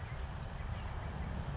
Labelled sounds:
California Towhee
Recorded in Sonoma County, California

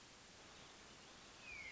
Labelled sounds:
Hermit Thrush
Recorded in Sonoma County, California

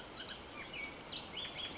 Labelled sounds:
Bullock's Oriole
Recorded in Sonoma County, California

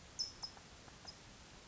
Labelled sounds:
California Towhee
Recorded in Sonoma County, California

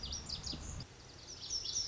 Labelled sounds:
Lazuli Bunting
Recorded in Sonoma County, California

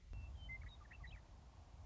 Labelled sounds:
Western Meadowlark
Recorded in Sonoma County, California

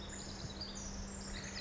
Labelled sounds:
Pacific Wren
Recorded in Sonoma County, California

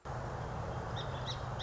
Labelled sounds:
Song Sparrow
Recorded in Sonoma County, California

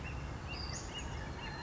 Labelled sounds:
Western Flycatcher
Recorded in Sonoma County, California

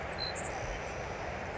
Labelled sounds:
Grasshopper Sparrow
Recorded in Sonoma County, California

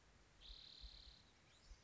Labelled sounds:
Spotted Towhee
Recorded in Sonoma County, California

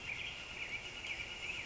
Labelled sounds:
Northern Flicker
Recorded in Sonoma County, California

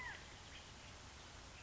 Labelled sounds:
California Quail
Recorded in Sonoma County, California

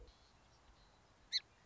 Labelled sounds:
Song Sparrow
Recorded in Sonoma County, California

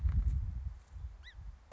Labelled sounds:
Song Sparrow
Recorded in Sonoma County, California

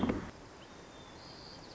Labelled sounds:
White-crowned Sparrow
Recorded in Sonoma County, California

